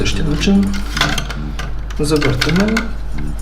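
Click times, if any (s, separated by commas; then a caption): none. The removed plastic valve component of a Geberit Sigma concealed toilet cistern is put back inside and rotated back into position while someone talks. A few brief light knocks and taps of handling are heard around 1.0 to 1.6 s and again near 3.2 s. The part has not seated or clicked into place yet.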